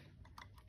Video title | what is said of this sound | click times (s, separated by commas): Bobbin Install Bobbin Casing Thor GC1541S Upholstery for Beginners Industrial Sewing Machine | and put it on the post and listen hear that click you're in there | 0.4 s